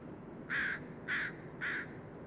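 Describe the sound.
Bird calls: three harsh, rasping caws spaced about half a second apart against a background hiss, with a brief high note at the end.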